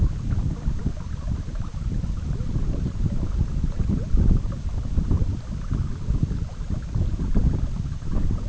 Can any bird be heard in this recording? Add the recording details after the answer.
no. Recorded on Arctic tundra, site EABA-MC, on 19 June 2019. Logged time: 02:00